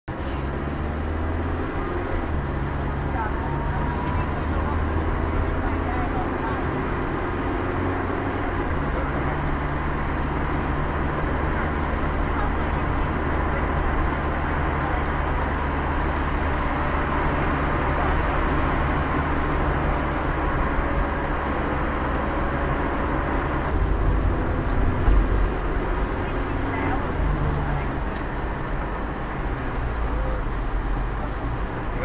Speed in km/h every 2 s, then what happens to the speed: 3, 7, 8, 9, 12, 13, 15, 14, 13, 13, 8, 7, 6, 5, 5, 4.
0-11 speeds up to 15. 11-26 slows to 5. 26-32 steady at about 5.